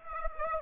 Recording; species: mosquito wingbeat signal from an infrared sensor; Aedes aegypti